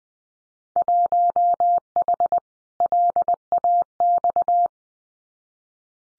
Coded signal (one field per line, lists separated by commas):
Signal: Morse code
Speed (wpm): 20 wpm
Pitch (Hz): 700 Hz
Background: none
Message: 1H LAX